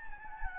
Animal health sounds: mosquito wingbeat signal from an infrared sensor; Anopheles gambiae

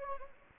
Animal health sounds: mosquito wingbeat signal from an infrared sensor; Anopheles gambiae

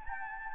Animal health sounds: mosquito wingbeat signal from an infrared sensor; Anopheles arabiensis

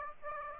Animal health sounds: mosquito wingbeat signal from an infrared sensor; Aedes aegypti

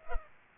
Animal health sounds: mosquito wingbeat signal from an infrared sensor; Culex pipiens

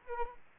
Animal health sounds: mosquito wingbeat signal from an infrared sensor; Aedes aegypti

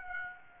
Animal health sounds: mosquito wingbeat signal from an infrared sensor; Aedes aegypti

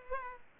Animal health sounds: mosquito wingbeat signal from an infrared sensor; Culex pipiens

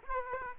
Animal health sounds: mosquito wingbeat signal from an infrared sensor; Aedes aegypti

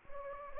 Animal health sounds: mosquito wingbeat signal from an infrared sensor; Anopheles gambiae

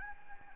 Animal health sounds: mosquito wingbeat signal from an infrared sensor; Anopheles arabiensis

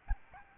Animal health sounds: mosquito wingbeat signal from an infrared sensor; Aedes albopictus

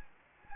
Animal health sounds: mosquito wingbeat signal from an infrared sensor; Anopheles gambiae

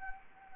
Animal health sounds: mosquito wingbeat signal from an infrared sensor; Anopheles gambiae

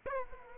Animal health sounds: mosquito wingbeat signal from an infrared sensor; Aedes aegypti

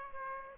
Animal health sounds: mosquito wingbeat signal from an infrared sensor; Aedes aegypti

